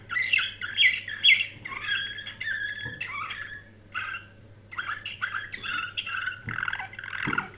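Canary singing: a few harsh, squawky notes open into scratchy warbles and short chattering phrases, with a brief pause midway and a steady low hum.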